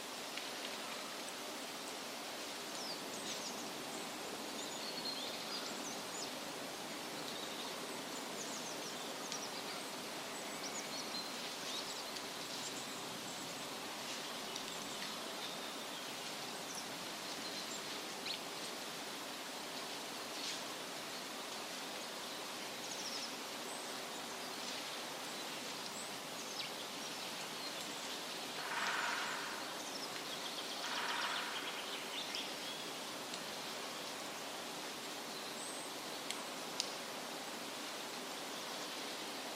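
Woodland ambience of steady, even hiss like rushing water, with faint scattered bird chirps and a brief clearer call near 29 seconds.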